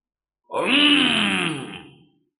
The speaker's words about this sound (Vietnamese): Đột nhiên một tiếng trâu kêu thông qua thần thức chấn ra, khiến cho rất nhiều người không kìm nổi đồng loạt nhìn qua. Sâu trong tinh không, một con trâu xanh từ từ đi tới, chậm rãi cất bước.